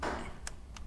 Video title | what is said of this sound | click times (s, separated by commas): Royal Enfield Himalayan 450 Air Filter - How to Remove | And give it a push and you hear it click and you'll see there, that's the lug that's clipped behind this bit. | 0.5 s